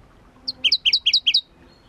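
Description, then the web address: Shrub frog call of five or six quick double-toned clicks, evenly spaced over about one second. Recorded at Kuda on 28 June 2012. "June 28 2012 Phfuscatus Kuda"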